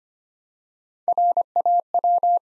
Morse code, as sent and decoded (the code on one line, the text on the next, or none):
.-. .- .--
RAW